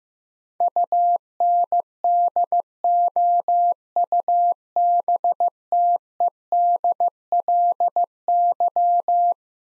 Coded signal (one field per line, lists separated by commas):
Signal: Morse code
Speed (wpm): 15 wpm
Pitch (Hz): 700 Hz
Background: none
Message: UNDOUBTEDLY